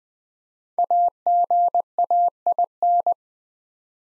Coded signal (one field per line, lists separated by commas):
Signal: Morse code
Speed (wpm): 20 wpm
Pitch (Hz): 700 Hz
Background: none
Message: AGAIN